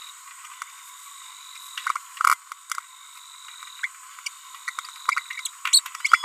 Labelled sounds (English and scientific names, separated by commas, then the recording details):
Green-rumped Parrotlet (Forpus passerinus) babbling
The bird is a female
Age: 30 days
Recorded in a nest box in Venezuela
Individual 17B42B3